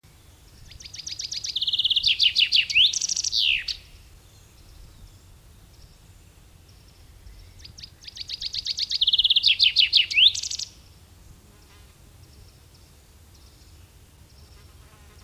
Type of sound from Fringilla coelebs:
song